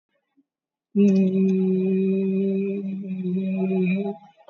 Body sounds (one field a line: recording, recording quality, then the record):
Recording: sustained vowel as in beet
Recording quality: excellent, no background noise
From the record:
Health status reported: COVID-19 positive, moderate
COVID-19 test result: positive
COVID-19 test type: RT-PCR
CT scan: taken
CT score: 6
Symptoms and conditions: cough, cold, fever, muscle pain, loss of smell and taste, diarrhoea, hypertension, diabetes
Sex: male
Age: 67 years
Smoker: no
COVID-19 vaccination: none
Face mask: worn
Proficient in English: yes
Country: India